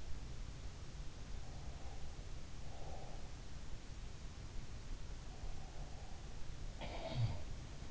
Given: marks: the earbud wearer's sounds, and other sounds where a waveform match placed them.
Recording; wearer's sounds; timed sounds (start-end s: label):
sounds in sleep by an in-ear microphone; breath
1.48-3.28 s: breath
5.11-7.23 s: breath
6.73-7.70 s: sound from someone else or the room